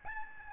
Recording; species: mosquito wingbeat signal from an infrared sensor; Aedes albopictus